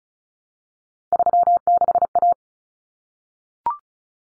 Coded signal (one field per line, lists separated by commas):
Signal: Morse code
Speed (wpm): 34 wpm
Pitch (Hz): 700 Hz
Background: none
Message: 36A